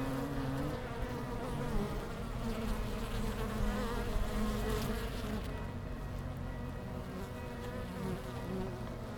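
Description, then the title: Honey bees giving a low steady drone of many wings, fairly even throughout with faint wavering tones and a rumble underneath. Many bees returning to the hives in early October after the sun has left them, Langel, Köln, Germany; many with white backs from Impatiens glandulifera flowers. "Langel, Köln, Deutschland - Bienen Anfang Oktober. Bees at the beginning of October"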